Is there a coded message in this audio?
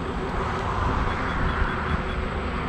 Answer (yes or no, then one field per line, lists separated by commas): no